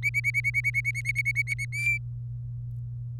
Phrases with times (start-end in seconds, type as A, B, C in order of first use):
0.03-1.65 A, 1.72-1.98 B